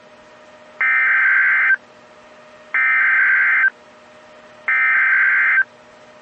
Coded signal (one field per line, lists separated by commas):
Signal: Emergency Alert System (SAME) tones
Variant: header bursts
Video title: OUN Double Header (SVR And A 40 Minute Old TOR?) EAS #621-622